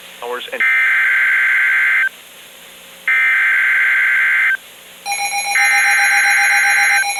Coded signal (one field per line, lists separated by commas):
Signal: Emergency Alert System (SAME) tones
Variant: header bursts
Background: speech